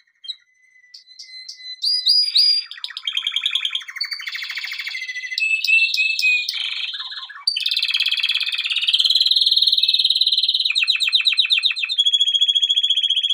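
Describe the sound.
Canary song building from soft whistles into varied rapid trills and chirps, ending in sustained fast rolling tours.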